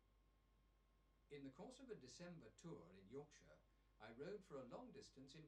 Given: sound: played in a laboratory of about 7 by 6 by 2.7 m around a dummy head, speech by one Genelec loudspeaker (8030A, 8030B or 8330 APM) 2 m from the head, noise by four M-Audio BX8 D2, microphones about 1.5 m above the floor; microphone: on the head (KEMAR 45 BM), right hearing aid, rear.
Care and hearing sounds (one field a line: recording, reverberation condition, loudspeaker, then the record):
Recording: male speech in English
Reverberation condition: low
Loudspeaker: 150 degrees to the left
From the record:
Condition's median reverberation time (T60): about 310 ms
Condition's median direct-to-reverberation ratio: about 3.5 dB